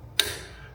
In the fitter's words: get some pressure applied to the safety sear and you should hear a click.